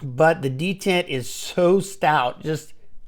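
A man talks while handling a new lightweight folding knife whose blade is held by a stout detent, making it hard to flick out into its open lock position in the handle. Only speech is heard; the blade has not yet snapped open or clicked into its lock.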